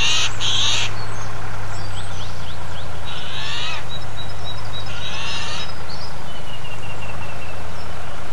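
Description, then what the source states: Eurasian jay giving a few harsh, raspy screeches, each under a second, over the steady low drone of a tractor engine. Eurasian jay calling alongside a tractor, 10 April 2007, recorded on a MiniDisc recorder.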